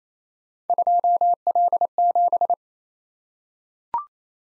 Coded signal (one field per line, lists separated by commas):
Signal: Morse code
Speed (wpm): 27 wpm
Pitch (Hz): 700 Hz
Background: none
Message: 2L7